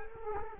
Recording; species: mosquito wingbeat signal from an infrared sensor; Culex quinquefasciatus